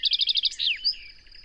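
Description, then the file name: Common chaffinch song ending: six quick repeated notes, then a sharp downward sweep and a brief twittering tail. "Fringilla coelebs"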